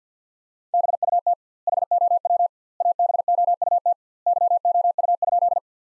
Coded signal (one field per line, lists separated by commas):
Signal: Morse code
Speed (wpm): 49 wpm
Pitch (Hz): 700 Hz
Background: none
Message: BUT HOW ABOUT YOU?